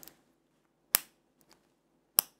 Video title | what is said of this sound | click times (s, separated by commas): Pagani Design PD-1644 100M WR 2020 model. Chronograph VK63 Seiko movement. | clip it in and it even makes that satisfying clicking sound listen | 0.9 s, 2.2 s